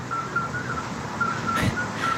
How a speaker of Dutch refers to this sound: Dit is Hartje Amsterdam en ze zijn op straat te horen. Je hoort ook het verkeer. Deze fluitende vroedmeesterpadden.